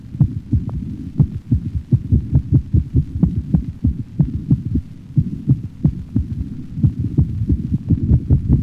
Sudden, rapid burst of heartbeats of similar intensity, duration, and frequency is heard. The normal, slower rhythm is abolished during the burst of rapid heart sounds. Paroxysmal ventricular tachycardia interspersed with a slower, normal rhythm.